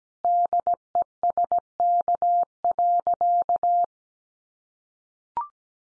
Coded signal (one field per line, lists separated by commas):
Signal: Morse code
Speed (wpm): 17 wpm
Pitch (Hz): 700 Hz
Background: none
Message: DESK.